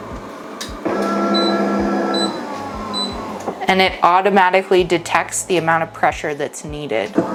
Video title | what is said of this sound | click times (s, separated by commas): HTVRONT AUTO HEAT PRESS UNBOXING & REVIEW - PROS + CONS - BUDGET FRIENDLY HEATPRESS WORTH THE HYPE?! | so as soon as it clicks back in then it's going to automatically drop down and | 0.6 s